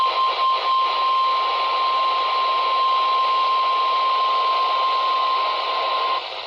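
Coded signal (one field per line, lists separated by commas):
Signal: Emergency Alert System (SAME) tones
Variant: 1050 Hz attention tone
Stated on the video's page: Weak, iffy NOAA Weather Radio weekly test from Holston Mountain transmitter on 162.550 MHz, received about 103 miles away on a RadioShack 12-254.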